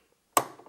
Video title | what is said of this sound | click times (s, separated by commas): Janome J3-18 Sewing Machine Review | so you just pop that on and give it a push till you hear it click | 0.4 s